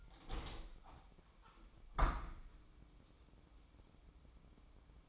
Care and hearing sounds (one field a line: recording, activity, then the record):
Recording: daily activity, microphone in the room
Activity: open window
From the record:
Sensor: 1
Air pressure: 1000.4 hPa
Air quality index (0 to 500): 180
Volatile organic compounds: 4 ppm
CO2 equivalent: 1654 ppm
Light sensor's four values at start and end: 10/24/10/11 and 11/26/10/12